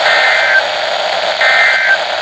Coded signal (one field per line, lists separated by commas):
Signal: Emergency Alert System (SAME) tones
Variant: end-of-message bursts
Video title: Last Weeklies Of 2025! (EAS#555/556)